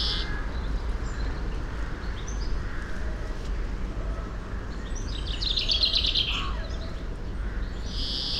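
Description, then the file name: European greenfinch calls: a buzzy trilled burst near the middle and drawn-out nasal wheezes at the start and end, over steady low rumbling background noise. "Chloris chloris"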